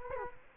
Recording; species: mosquito wingbeat signal from an infrared sensor; Culex quinquefasciatus